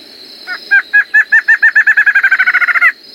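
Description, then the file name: Streak-backed antshrike song of evenly pitched whistled notes, spaced at first and then quickening steadily to a fast close, backed by a continuous high drone. Song, Roraima. "Canto do choca de roraima"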